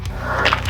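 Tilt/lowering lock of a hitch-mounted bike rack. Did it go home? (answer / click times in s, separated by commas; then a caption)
yes / 0.5 s. A bike-loaded MagRack X2 hitch rack with 150 lb capacity is raised from its lowered, tilted position until its metal tilt latch locks back in. Two sharp metallic clicks come close together at 0.5 s and 0.5 s over a steady low hum. The tilt latch is seated back in place.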